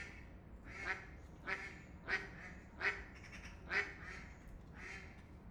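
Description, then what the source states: Duck giving five loud, rasping quacks in quick succession, then a softer one, with a low continuous rumble underneath. Ducks on a canal in Europe, recorded by day.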